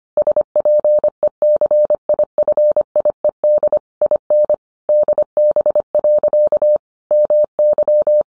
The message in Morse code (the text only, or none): SPECIFIED IN DB. MY